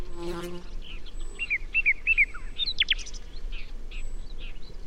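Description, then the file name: Common nightingale phrase with a short harsh note at the start, then a series of slurred whistles and sharp high notes over low background noise. "Luscinia megarhynchos"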